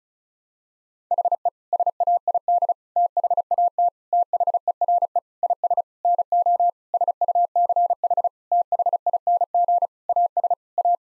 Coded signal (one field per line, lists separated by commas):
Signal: Morse code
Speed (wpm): 34 wpm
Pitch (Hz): 700 Hz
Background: none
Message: HE SAID THAT THERE IS NO SUCH THING AS A